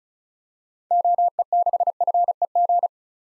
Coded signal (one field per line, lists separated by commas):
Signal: Morse code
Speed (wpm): 36 wpm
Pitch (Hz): 700 Hz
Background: none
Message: OE6FEG